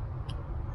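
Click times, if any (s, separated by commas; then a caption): 0.3 s. A crimped wire terminal pin is slid slowly into cavity one of a plastic connector housing while installing a Mopar auxiliary switch bank (82215798AD) on a Jeep JL Wrangler. A short, bright click rises above a steady low rumble at 0.3 s as the pin seats into the cavity, confirmed as seated.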